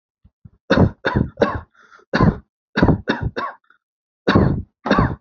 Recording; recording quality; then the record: shallow voluntary cough; excellent, no background noise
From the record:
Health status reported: healthy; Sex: male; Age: 33 years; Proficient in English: yes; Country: India